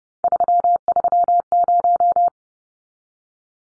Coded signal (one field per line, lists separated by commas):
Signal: Morse code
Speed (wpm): 30 wpm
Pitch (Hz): 700 Hz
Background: none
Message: 330